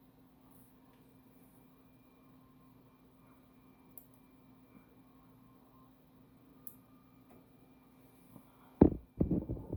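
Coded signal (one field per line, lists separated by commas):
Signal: FT8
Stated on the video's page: FT8 on 80 meters overnight from the west coast working Asia and North America, IC-7610 with WSJT-X, 160 meter loop antenna at 100 feet.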